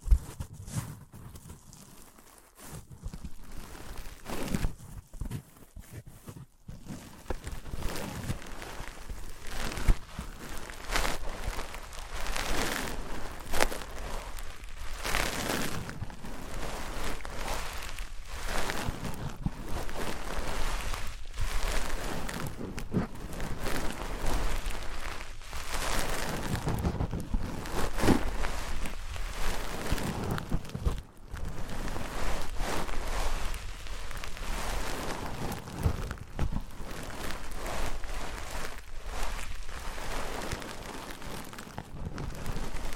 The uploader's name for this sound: Wood vs Cork, Sponge vs Foam, Glass vs Plastic